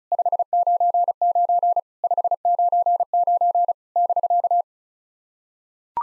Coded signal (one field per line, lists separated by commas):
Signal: Morse code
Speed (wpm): 36 wpm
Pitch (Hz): 700 Hz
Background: none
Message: 599 599 <BK>